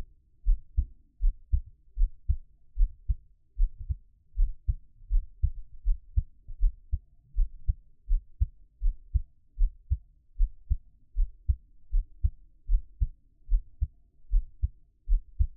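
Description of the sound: Steady, regular low thumps in lub-dub pairs at about 79 beats a minute, heard close up with no talking. It is an ordinary adult heartbeat with an even rhythm and no added sounds standing out.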